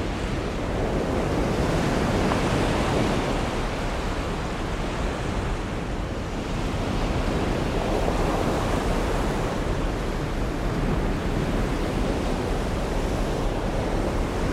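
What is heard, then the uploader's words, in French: Stormy ocean waves roar in a dense, steady wash of surf, with slow swells rising around two and eight seconds amid constant wind. Immergez-vous dans l'ambiance envoûtante de la Côte Amalfitaine avec les sons de l'océan capturés lors d'une tempête vivifiante. Les vagues orageuses créent un bruit blanc naturel.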